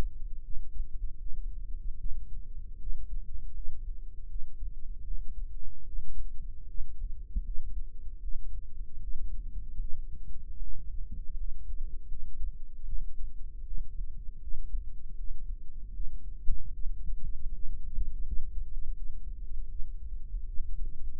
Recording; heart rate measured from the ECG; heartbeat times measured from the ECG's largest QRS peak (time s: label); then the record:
heart sounds by microphone in the right ear; 78 bpm
0.40 s: heartbeat
1.17 s: heartbeat
1.97 s: heartbeat
2.77 s: heartbeat
3.52 s: heartbeat
4.27 s: heartbeat
5.02 s: heartbeat
5.84 s: heartbeat
6.66 s: heartbeat
7.42 s: heartbeat
8.19 s: heartbeat
8.99 s: heartbeat
9.78 s: heartbeat
10.58 s: heartbeat
11.35 s: heartbeat
12.08 s: heartbeat
12.84 s: heartbeat
13.62 s: heartbeat
14.39 s: heartbeat
15.14 s: heartbeat
15.92 s: heartbeat
16.70 s: heartbeat
17.50 s: heartbeat
18.22 s: heartbeat
18.92 s: heartbeat
19.67 s: heartbeat
20.45 s: heartbeat
From the record:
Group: healthy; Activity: cold pressor test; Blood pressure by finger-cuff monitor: 103/55 mmHg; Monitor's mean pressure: 73 mmHg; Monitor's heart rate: 79 bpm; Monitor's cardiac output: 7.6 L/min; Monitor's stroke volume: 98 mL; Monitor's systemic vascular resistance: 690 dyn s/cm5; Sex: female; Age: 22 years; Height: 160 cm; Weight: 63 kg